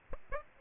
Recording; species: mosquito wingbeat signal from an infrared sensor; Aedes aegypti